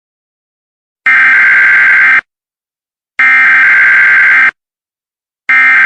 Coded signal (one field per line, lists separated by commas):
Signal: Emergency Alert System (SAME) tones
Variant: header bursts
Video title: EAS TORNADO WARNING EL RENO 5/31/2013 REMAKE!!!!!!!!!!